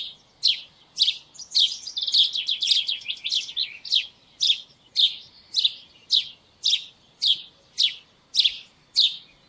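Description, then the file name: House sparrow calling with loud, sharp chirps, a quick tumbling burst early on, then single chirps repeated roughly every half second. "Passer domesticus"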